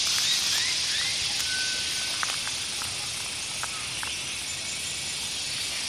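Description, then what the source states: Cicada buzzing as an unbroken high hiss, while a bird adds scattered short whistles and clicks throughout. Cicada heard with a bird.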